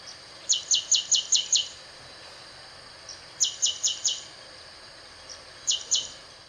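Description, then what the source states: Rufescent prinia giving rapid high buzzy note series, six notes then several more, then a shorter pair, with quiet pauses of under two seconds between bursts. Subspecies dalatensis.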